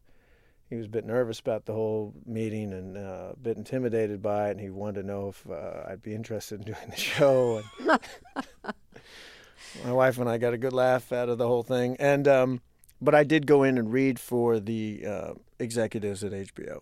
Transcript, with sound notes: he was a bit nervous about the whole meeting and a bit intimidated by it, and he wanted to know if I'd be interested in doing the show.
(Laughter).
My wife and I got a good laugh out of the whole thing. And - but I did go in and read for the executives at HBO.